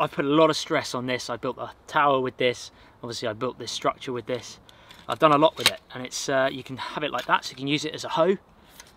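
A man talks while handling a folding shovel, turning its metal blade toward the hoe position on its hinge lock at the handle. Nothing has seated or clicked yet; the clip ends before the blade locks into place.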